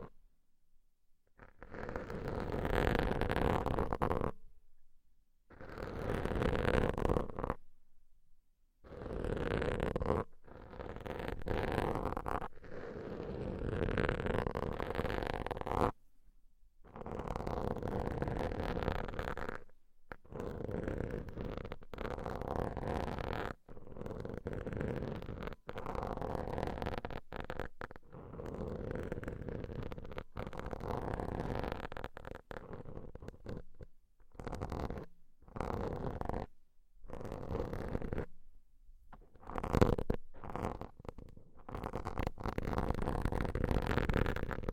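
Deep ear cleaning ASMR: low, muffled rubbing and scraping sounds that come in bursts lasting a few seconds, broken by short silent gaps throughout. The texture is thick and rumbling with a faint steady tone underneath, and it grows choppier toward the end.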